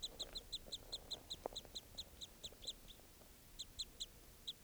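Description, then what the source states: Crossbill calls: a fast, even run of sharp, high chips, a brief pause, then more chips, over a constant background hiss. A female, one of two birds calling loudly by a net.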